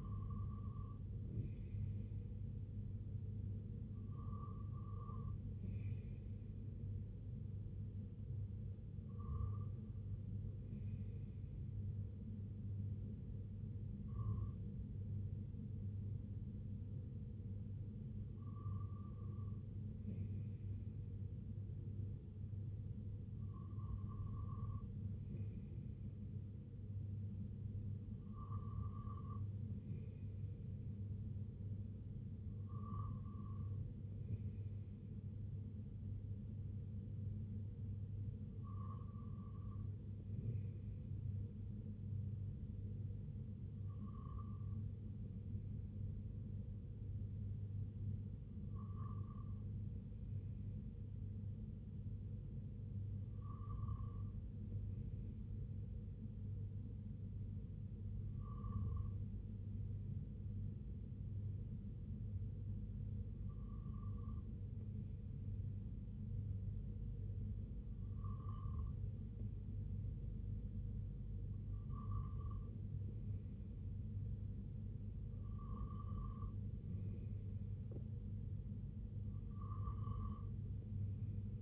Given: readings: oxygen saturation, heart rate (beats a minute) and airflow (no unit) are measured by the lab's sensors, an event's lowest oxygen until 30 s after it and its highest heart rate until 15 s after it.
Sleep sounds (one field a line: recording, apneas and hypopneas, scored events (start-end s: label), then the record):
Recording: breathing in sleep by a smartphone at the bedside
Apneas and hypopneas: 1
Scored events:
15.00-73.80 s: hypopnea (N1, oxygen 96% highest, then 93% lowest, heart rate 70 at the start, 77 highest)
From the record:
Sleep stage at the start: N1 (lightest sleep)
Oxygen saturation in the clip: 93 to 96%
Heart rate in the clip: 65 to 77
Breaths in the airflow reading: 17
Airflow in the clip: -8.3 to 3.6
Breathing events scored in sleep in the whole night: 258 in 7.4 hours asleep